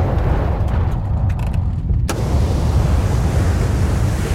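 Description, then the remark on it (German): A loud earthquake aftershock in a tsunami disaster area, heard while a car is being brought to a stop: a deep continuous roar with scattered crackles, then a sharp jolt midway after which the rumbling turns harsher and hissier until the end. “Die Erde beginnt wieder zu beben. Ein Nachbeben.”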